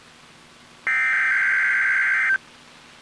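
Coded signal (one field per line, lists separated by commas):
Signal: Emergency Alert System (SAME) tones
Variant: header bursts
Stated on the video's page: NOAA Weather Radio Required Weekly Test, audio recorded directly from a weather radio through an aux cable.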